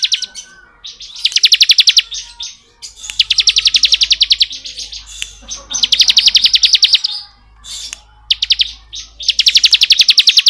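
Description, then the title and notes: Bar-winged prinia singing almost continuously: dense, rapidly pulsed high trills run together in long bursts with only brief pauses. Bar-winged prinia (ciblek) singing in 'ngebren' style; recording made as masteran (training) audio for white-rumped shamas (murai batu). "Ciblek Ngebren Untuk Masteran Murai Batu. Suara burung ciblek - Suara Nada"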